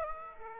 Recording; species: mosquito wingbeat signal from an infrared sensor; Aedes aegypti